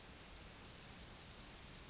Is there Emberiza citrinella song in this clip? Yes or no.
no